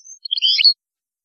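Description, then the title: European goldfinch song phrase: a brief burst of high, tinkling, buzzy twitters, then silence. "Chant Chardonneret"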